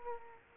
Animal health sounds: mosquito wingbeat signal from an infrared sensor; Aedes aegypti

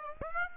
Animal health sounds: mosquito wingbeat signal from an infrared sensor; Aedes aegypti

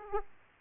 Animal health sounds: mosquito wingbeat signal from an infrared sensor; Aedes aegypti

